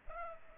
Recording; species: mosquito wingbeat signal from an infrared sensor; Culex pipiens